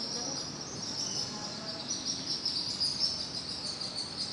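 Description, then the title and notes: Swiftlets twittering as a dense, high, shimmering chatter of overlapping chirps that runs without a break, with faint low background rumble. Colony nesting in concrete corners under a market bridge in Pangkajene; birds fly around the bridge and forage over houses and an open market; heard every morning. "Kolong Walet. suara dari anggota keluarga Burung Walet yang bersarang di sudut-sudut beton bawah Jembatan Pasar Sentral Pangkajene"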